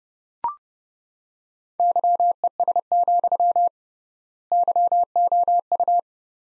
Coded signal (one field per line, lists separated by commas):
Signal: Morse code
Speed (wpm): 29 wpm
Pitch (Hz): 700 Hz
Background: none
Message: YES, YOU